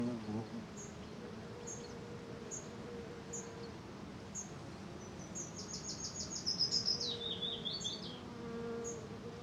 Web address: Justsoundeffects - Forests of Norway. Morning Small Birch Forest Willow Warbler Singing Many Insects Humming